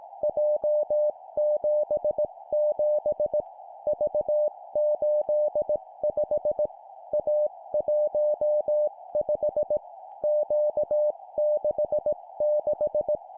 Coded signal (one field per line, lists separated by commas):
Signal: Morse code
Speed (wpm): 18 wpm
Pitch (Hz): 600 Hz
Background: none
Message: J77 V85 A15 Q66